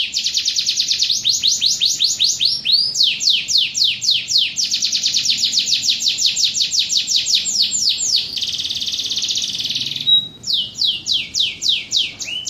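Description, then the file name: Domestic canary singing continuous rapid trills of downward-sweeping notes, with a brief buzzy sustained roll and a short pure tone before the trills resume. Standard canary; "kapal oleng" song style, modified with one-minute pauses. "kenari-standar-kapal-oleng-modifikasi-jeda-1 menit"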